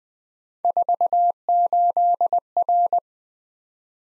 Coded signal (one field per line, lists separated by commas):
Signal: Morse code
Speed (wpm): 20 wpm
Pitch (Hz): 700 Hz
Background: none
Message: 48R